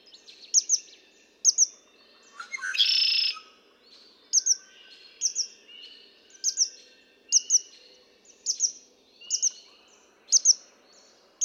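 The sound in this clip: Red-winged blackbird song: a single loud buzzy trill of about a second, with another bird's high paired chirps repeating about once a second throughout.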